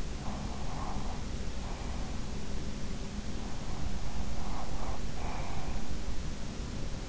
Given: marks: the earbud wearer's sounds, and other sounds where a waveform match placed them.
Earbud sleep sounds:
sounds in sleep by an in-ear microphone; breath
0.10-1.91 s: breath
4.17-6.10 s: breath

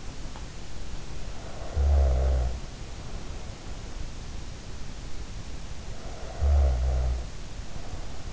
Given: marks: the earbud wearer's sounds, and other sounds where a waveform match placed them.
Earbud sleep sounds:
sounds in sleep by an in-ear microphone; snoring breath
1.44-3.67 s: snoring breath
6.09-8.33 s: snoring breath

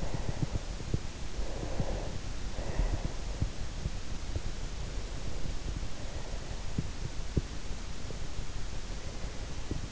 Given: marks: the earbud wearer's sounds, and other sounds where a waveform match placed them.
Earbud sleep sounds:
sounds in sleep by an in-ear microphone; teeth grinding, breath
0.00-3.37 s: teeth grinding
0.14-0.88 s: breath
1.48-3.37 s: breath
4.87-7.34 s: breath

